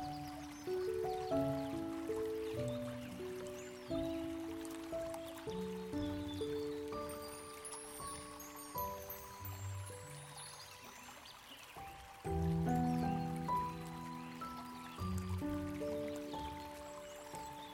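Soft, sustained music plays by a lakeside, with mellow low chords shifting every second or two and gentle notes on top. A quiet trickle of water runs steadily underneath, and bright bird-like chirps flicker high up around the middle. The music swells briefly near twelve seconds.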